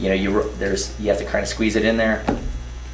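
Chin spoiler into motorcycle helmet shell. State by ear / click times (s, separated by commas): not seated / none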